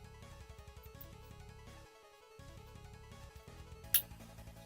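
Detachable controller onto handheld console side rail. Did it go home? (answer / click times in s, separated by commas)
yes / 3.9 s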